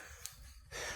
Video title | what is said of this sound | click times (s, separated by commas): Can’t Miss These - New Knives August 20th, 2026 at KnifeCenter | Uh nice click in. | 0.3 s